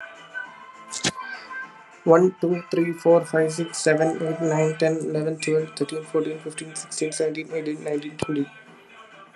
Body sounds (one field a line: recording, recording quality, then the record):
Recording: counting at a fast pace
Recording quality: excellent, no background noise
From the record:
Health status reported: exposed to COVID-19, no respiratory illness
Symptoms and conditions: cough, sore throat, muscle pain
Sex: male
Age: 24 years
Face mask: not worn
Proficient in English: yes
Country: India